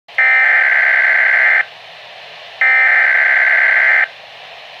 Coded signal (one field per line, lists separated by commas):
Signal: Emergency Alert System (SAME) tones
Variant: header bursts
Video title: Weatheradio Canada - Severe Thunderstorm Watch (EAS #18)